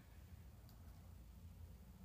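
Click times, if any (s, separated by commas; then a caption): none. A plastic cap is handled over a used syringe needle after a home testosterone injection, with low rumbling background noise and a faint brief tick at about 0.7 s. Nothing has seated or clicked yet; the cap has not snapped on.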